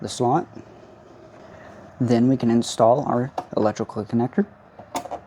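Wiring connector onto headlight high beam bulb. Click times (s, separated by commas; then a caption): 5.1 s. A plastic electrical connector is pushed onto the high beam headlight bulb of a 2007–2012 Hyundai Santa Fe while someone talks. It clicks in at 5.1 s, and the connector is seated.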